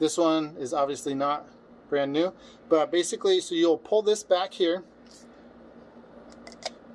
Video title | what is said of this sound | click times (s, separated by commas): Save Your Wheel Bearings - Install & Grease Wheel Bearing Protectors | And that kind of locks in place there. | 6.7 s